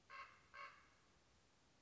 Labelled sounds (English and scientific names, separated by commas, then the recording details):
Common Raven (Corvus corax)
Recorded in Sonoma County, California